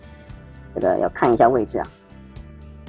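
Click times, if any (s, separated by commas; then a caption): 2.4 s. During the transformation of a Transformers Studio Series Gamer Edition 05 War for Cybertron Deluxe Cliffjumper figure, a plastic part is lined up and pressed into the robot figure's body while someone talks over background music. A sharp click at 2.4 s marks the part clipping into place, and it is seated.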